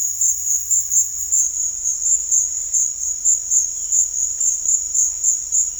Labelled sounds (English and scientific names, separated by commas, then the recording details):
none
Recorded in dense forest near Puerto Asís, Putumayo, Colombia, on 18 December 2024 at 15:00
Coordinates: 0.484, -76.325
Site G056